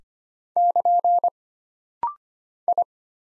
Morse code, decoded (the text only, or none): <KN> I